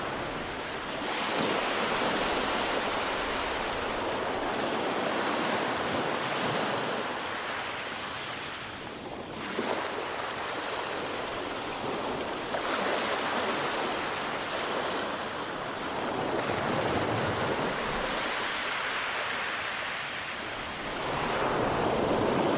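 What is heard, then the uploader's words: Ocean sounds: a dense, steady hiss of water with slow swells rising and easing every few seconds, bright. Ocean Sounds.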